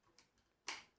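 A memory module is pressed into a motherboard DIMM slot. A faint tick comes at 0.2 s, then a sharp, bright latch click at 0.7 s as the module snaps home and is seated.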